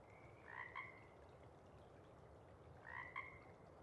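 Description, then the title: Pacific chorus frog repeating a two-note ribbit twice, about two and a half seconds apart, over soft hiss. Sparse chorus just before dawn as twilight breaks; most of the group has gone back to burrow and sleep, a few individuals still calling to attract a mate. "Chorus Frogs, Sparse, pre-Dawn"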